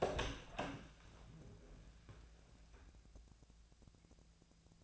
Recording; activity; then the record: daily activity, microphone in the room; open door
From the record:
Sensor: 2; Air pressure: 1000.4 hPa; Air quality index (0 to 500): 172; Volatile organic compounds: 3 ppm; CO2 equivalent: 1430 ppm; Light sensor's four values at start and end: 10/23/10/10 and 10/23/10/10